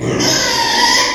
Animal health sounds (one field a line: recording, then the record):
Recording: squeal of a Yucatan mini pig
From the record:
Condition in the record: before surgery on the right vocal fold (resection and tissue-engineered implant)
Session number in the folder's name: 2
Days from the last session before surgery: 0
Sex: male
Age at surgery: 12 weeks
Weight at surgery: 13 kg